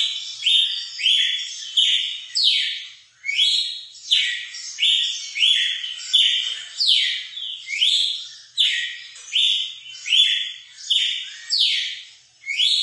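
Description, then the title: Red-cowled cardinal song, continuous loud whistled notes with sweeping slurs, repeated at a quick, fairly even pace. Female song, used to excite a male bird. "Canto Galo Campina Fêmea. ESQUENTAR SEU GALO CAMPINA CANTO DO GALO DE CAMPINA"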